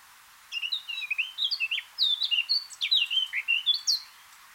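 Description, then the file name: Eurasian blackcap song: a rich, hurried warble of slurred whistles and scratchy notes, lasting nearly four seconds. "Sylvia atricapilla"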